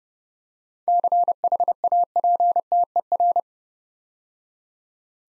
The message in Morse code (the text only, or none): CHAPTER